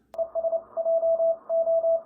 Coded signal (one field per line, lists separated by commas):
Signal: Morse code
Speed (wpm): 30 wpm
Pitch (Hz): 660 Hz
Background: none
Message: ES J O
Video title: Close Lid. Turn Knob. Work DX!